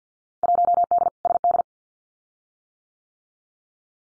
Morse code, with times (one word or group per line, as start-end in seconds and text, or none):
0.4-1.1 1D
1.3-1.6 SD